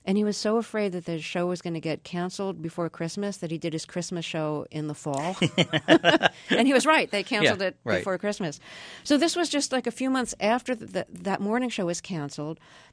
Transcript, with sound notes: And he was so afraid that the show was going to get canceled before Christmas that he did his Christmas show in the fall.
(LAUGHTER)
And he was right. They canceled it before Christmas.
Yeah. Right.
So this was just like a few months after that morning show was canceled